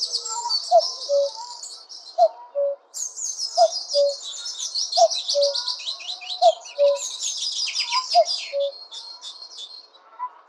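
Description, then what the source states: Common cuckoo giving its two-note cu-coo call about every one and a half seconds, six times, over a busy chorus of high, twittering songbirds. Tophill Low Nature Reserve, 6 am, Easter Sunday 2014.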